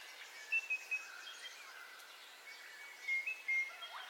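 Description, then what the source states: Birds calling at dawn: short, thin, high whistles in small clusters over faint background chirping. Dawn ambience of bird calls, recorded in stereo.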